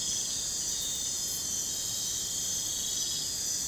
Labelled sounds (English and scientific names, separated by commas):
none